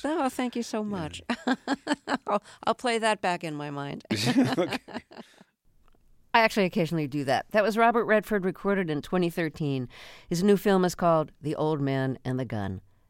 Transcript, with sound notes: Oh, thank you so much. (Laughter) I'll play that back in my mind.
(Laughter) OK.
I actually occasionally do that. That was Robert Redford, recorded in 2013. His new film is called "The Old Man And The Gun."